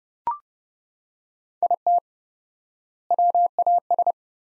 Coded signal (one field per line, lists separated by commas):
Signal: Morse code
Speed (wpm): 30 wpm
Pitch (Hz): 700 Hz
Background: none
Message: IT WAS